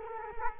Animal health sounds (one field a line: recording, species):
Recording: mosquito wingbeat signal from an infrared sensor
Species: Culex quinquefasciatus